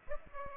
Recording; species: mosquito wingbeat signal from an infrared sensor; Aedes aegypti